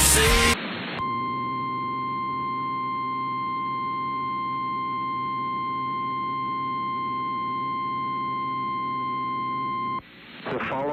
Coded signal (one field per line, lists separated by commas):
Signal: Emergency Alert System (SAME) tones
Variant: 1050 Hz attention tone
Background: speech